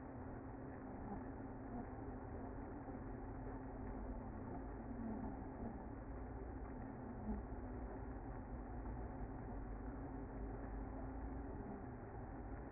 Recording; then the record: honeybee colony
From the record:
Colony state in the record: active